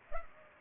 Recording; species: mosquito wingbeat signal from an infrared sensor; Culex pipiens